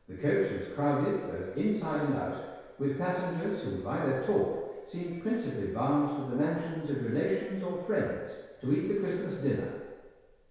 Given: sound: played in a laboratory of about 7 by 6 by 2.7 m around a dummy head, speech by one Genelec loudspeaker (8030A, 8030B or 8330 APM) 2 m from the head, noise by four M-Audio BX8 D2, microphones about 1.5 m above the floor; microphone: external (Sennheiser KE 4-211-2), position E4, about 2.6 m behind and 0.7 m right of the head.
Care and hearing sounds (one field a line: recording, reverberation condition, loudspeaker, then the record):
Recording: male speech in English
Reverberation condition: high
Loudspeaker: 120 degrees to the right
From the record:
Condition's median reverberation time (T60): about 1300 ms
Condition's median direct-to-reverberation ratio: about -4.0 dB